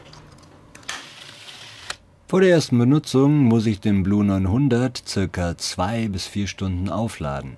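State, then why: Seated. A plug adapter slider (the Europe/USA one) is pushed onto a travel charger after the other slider is slid off, and it clicks into place at 0.9 s. A few small handling clicks come before it, another sharp click follows near 1.9 s, and then someone talks.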